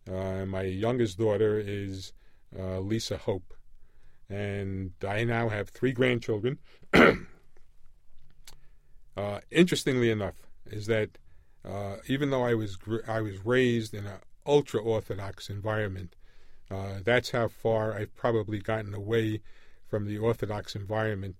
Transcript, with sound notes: My youngest daughter is Lisa Hope. And I now have three grandchildren. [clears throat] Interestingly enough is that even though I was — I was raised in an ultra orthodox environment, that's how far I've probably gotten away from the orthodox environment.